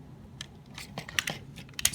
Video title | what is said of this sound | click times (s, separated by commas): Toy Review: Transformers Combiner Wars Optimus Prime Voyager Class Action Figure | tap it into place. You'll hear it snap in place. | 1.9 s